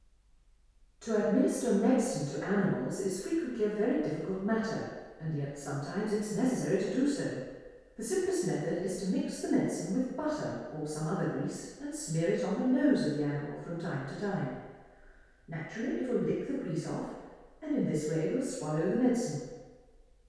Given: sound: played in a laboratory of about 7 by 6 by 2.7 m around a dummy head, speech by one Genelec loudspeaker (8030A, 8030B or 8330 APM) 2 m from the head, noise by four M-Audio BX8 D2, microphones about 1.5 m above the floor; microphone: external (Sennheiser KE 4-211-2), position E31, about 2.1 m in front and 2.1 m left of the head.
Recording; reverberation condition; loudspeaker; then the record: female speech in English; high; in front (0 degrees)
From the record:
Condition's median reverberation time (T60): about 1300 ms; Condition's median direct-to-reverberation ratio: about -4.0 dB